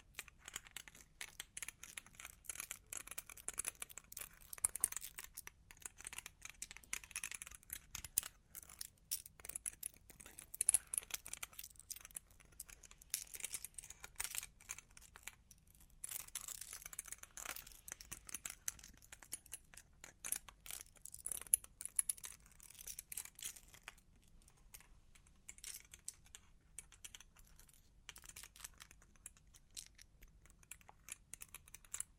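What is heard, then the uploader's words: Long claws tap and scratch in quick, dense clusters of thin, bright clicks that run almost without pause for the full half-minute. Bursts swell and thin irregularly, busiest around five to six, ten, and twenty to twenty-two seconds, over a faint low hum. Long Claws Tapping and Scratching (No Talking).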